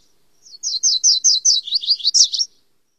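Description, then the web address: Virginia's warbler song: a high series of slurred notes, several evenly paced at first, then quicker, slightly lower notes, ending with a couple of higher ones. "Songs of Birds of North America Stokes. Virginias Warbler"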